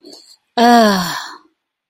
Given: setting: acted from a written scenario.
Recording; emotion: vocal sound without words; pain